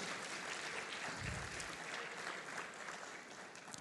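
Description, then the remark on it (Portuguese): An audience at a Methodist cathedral service applauds God steadily, a dense crackle of many hands clapping at once with no pauses, holding a fairly even level before easing slightly toward the end. “Você pode aplaudir a ele que é lindo, poderoso, maravilhoso.”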